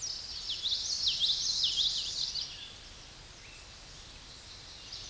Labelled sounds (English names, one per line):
Common Yellowthroat song